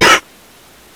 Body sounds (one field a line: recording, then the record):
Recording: coughing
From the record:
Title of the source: 55 gaggy wet cough